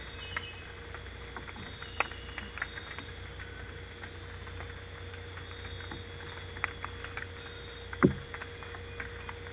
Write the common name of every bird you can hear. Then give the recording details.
none. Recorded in dense forest near Puerto Asís, Putumayo, Colombia, on 22 December 2024 at 23:00. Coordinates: 0.486, -76.317. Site G003